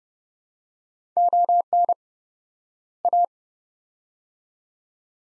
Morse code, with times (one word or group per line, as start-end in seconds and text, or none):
1.2-1.9 ON
3.0-3.2 A